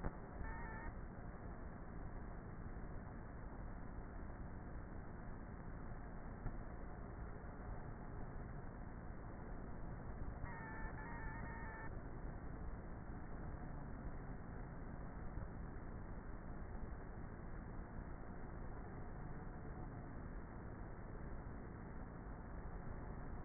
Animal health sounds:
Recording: honeybee colony, microphone inside the hive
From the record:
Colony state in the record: queenless with a low population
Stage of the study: before two queens were removed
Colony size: about 30,000 bees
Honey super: no

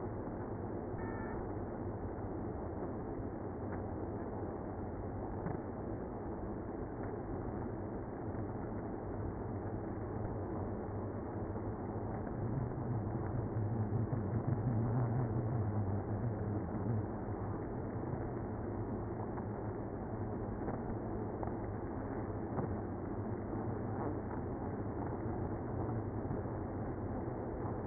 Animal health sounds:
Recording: honeybee colony, microphone inside the hive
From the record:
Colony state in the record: queenless (queen removed)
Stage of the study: after two queens were removed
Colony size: about 60,000 bees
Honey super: yes

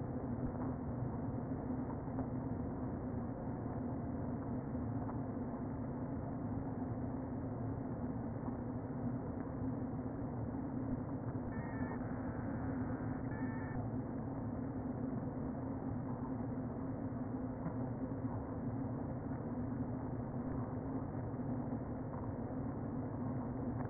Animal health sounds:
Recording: honeybee colony, microphone inside the hive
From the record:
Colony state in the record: queen present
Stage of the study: before two queens were removed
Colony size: about 60,000 bees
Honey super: yes

